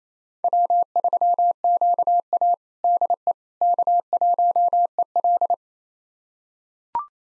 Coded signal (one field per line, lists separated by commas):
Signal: Morse code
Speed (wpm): 28 wpm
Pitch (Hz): 700 Hz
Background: none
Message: W3QA DE K1EL